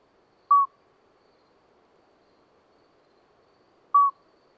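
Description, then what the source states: Common midwife toad: two short, pure whistled notes about three and a half seconds apart, against a quiet night background. Two small toads calling all night until dawn; Lesches-en-Diois, 13 May 2020, after two days of rain with dripping vegetation; discreet song; recorded with Nagra Seven and MKH40.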